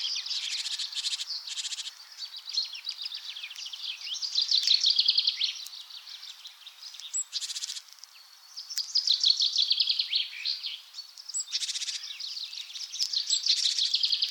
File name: Fringilla coelebs